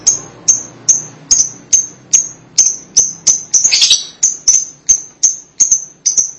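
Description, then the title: Lovebird chirping: sharp, high chirps repeated many times, with one short chattering burst midway. "BM Suara Burung Lovebird"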